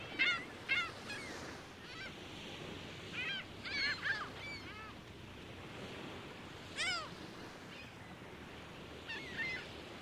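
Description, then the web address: Gulls giving clusters of sharp yelping cries separated by short quiet gaps, several birds calling over a soft background hiss. Several seagulls, busy flock at Lake Ontario. "Big Room Sound Birds Seagulls Lake Ont Busy"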